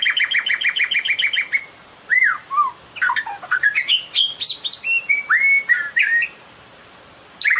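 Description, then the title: Oriental magpie-robin song opening with a quick series of repeated notes, then loud varied whistles, rising and falling slurs and scratchy high chips, with a short pause near the end. "Kicau Kacer"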